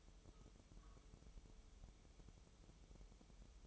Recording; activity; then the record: daily activity, microphone in the room; take from stove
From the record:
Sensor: 1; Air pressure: 988.4 hPa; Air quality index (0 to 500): 201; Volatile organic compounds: 1000 ppm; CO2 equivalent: 5391 ppm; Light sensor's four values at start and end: 27/98/37/39 and 27/98/37/39